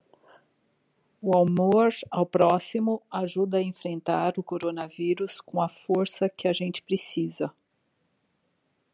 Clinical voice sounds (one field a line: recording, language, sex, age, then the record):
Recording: spoken sentence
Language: Brazilian Portuguese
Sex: female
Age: 50 to 59 years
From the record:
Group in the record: control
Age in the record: 57 years